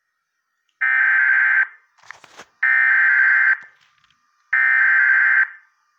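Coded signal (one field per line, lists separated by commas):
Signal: Emergency Alert System (SAME) tones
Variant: header bursts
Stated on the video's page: Severe thunderstorm warning from NWS Omaha, with a failed start at the beginning.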